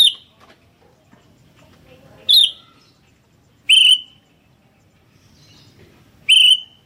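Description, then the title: Sooty-headed bulbul calls: four loud, sharp, ringing notes at irregular spacing, with faint soft clicks and chirps between. "kutilang"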